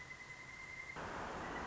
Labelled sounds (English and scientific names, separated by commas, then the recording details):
Pileated Woodpecker (Dryocopus pileatus)
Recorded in Sonoma County, California